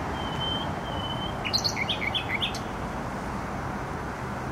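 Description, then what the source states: Nightingale song: a long, pure whistle on one pitch, then a quick phrase of sharp, varied notes, over a steady roar of traffic. Singing in bushes close to a noisy motorway, Trasa Toruńska, Bródno-Podgrodzie, Warsaw, Poland; recorded with an Olympus LS-11.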